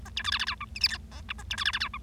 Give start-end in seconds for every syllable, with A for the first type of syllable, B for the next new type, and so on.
0.05-0.09 A, 0.16-0.23 B, 0.24-0.30 C, 0.32-0.38 D, 0.39-0.45 D, 0.47-0.55 E, 0.61-0.65 F, 0.75-0.79 G, 0.81-0.88 H, 0.89-0.97 I, 1.11-1.21 J, 1.29-1.32 K, 1.38-1.43 A, 1.50-1.56 B, 1.58-1.64 C, 1.65-1.71 D, 1.73-1.78 D, 1.80-1.88 E, 1.93-1.97 F